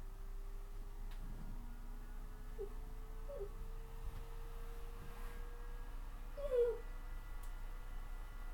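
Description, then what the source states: Dog: puppy whimpering: faint high whines early on, then a brief louder squeaky whimper near the end, over a steady low hum. Puppy named Jake.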